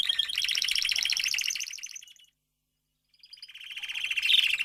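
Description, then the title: Domestic canary song: buzzy rolling trills, a pause of about a second, then the trilling returns and rises in intensity. Male Belgian canary singing a lot, used to warm up and train young canaries. "Canary Training Esquente Seu Filhote E Canario Belga Macho Cantando Muito"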